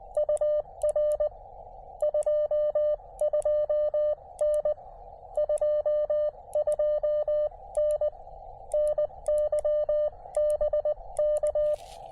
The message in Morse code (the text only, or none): UR 22N 22N NY BK